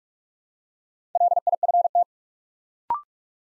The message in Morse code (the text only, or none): LIFT